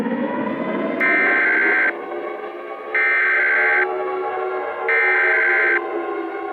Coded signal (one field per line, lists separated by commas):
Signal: Emergency Alert System (SAME) tones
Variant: header bursts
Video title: EAS Scenario #1: The Android Uprise!!